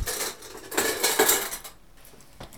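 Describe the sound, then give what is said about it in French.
Large curved milliner's scissors cutting the surplus felt from a hat brim: a run of crisp, metallic rasping snips for over a second, then a quieter pause and one last short cut, with no voices. “On prend des ciseaux courbes, des ciseaux de chapelier.”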